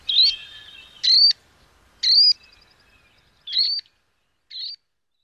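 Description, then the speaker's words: Least sandpiper trilled calls: five short, high, buzzy notes at uneven intervals, the last two softer, in a quiet background. Singles and small groups popping up from salt marsh interiors with short, trilled calls. "Look for singles and small groups popping up from the salt marsh interiors with their short, trilled calls."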